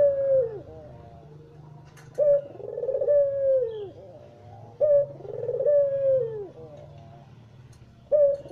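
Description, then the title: Barbary dove repeating a two-part coo, a short hard note then a purring downward roll, every few seconds over a low hum. White (putih) Barbary dove; Indonesian masteran used to train songbirds to copy its call. "Kicau Mania Masteran Burung Puter Putih"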